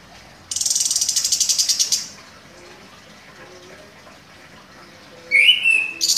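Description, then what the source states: Orange-headed thrush song: a rapid, harsh buzzy rattle of many pulses, a pause, then a rising whistled note with high squeaky phrases. Known locally as anis kembang, described as gacor, a vigorously singing bird.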